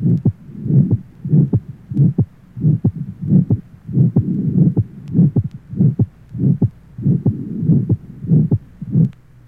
Age 2, tetralogy of Fallot, left sternal border area.